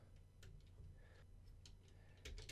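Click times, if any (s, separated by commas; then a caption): none. A plastic Lego piece is pushed toward its spot in a large brick-built Iron Man MK43 XXL figure, and only a few small, light handling ticks are heard over a low steady hum. The piece does not click in, and nothing has seated or clicked yet.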